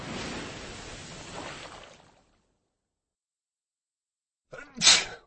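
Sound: sneeze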